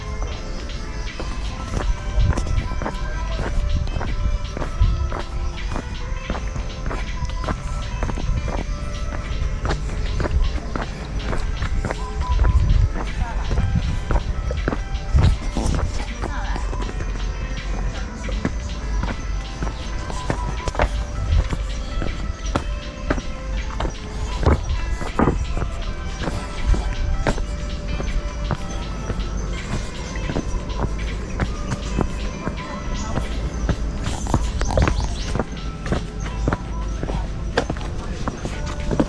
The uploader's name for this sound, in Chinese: 散步新化山林賞日出@大坑休閒農場